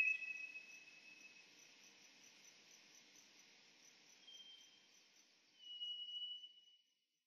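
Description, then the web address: White's thrush whistles: a thin level note at the start, then a fainter higher one and a louder, slightly falling high whistle near the end, with an insect drone behind. Recorded on Hahajima, 16 April 2011. "shiryo koe toratsugumi 110416 hahajima"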